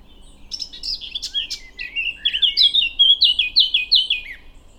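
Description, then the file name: Eurasian blackcap song: a scratchy, jumbled warble that ends in a run of loud, clear whistled notes, evenly repeated. "Sylvia atricapilla"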